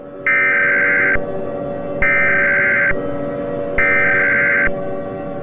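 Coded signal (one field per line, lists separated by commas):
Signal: Emergency Alert System (SAME) tones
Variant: header bursts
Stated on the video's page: Fictional EAS scenario.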